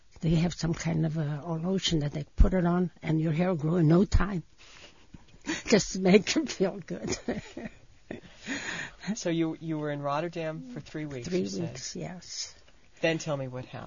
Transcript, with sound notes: they have some kind of a lotion that they put it on, and your hair will grow in no time." Just to make her feel good. ( she laughs )
So you were in Rotterdam for three weeks, you said.
Three weeks, yes.
Then tell me what happened.